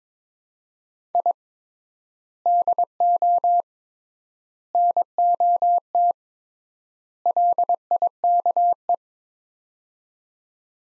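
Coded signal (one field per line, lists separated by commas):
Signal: Morse code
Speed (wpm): 22 wpm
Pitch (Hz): 700 Hz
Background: none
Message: I DO NOT LIKE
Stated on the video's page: Morse practice drill at 22 wpm, sets of four words with 3x word spacing, each set sent, spoken, then sent again.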